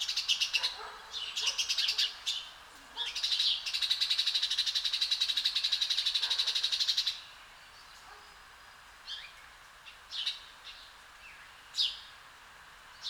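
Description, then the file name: House sparrow calls: chirps at the start, then a long, rapid, rattling buzzy chatter lasting about four seconds, followed by scattered single chirps. "Passer domesticus"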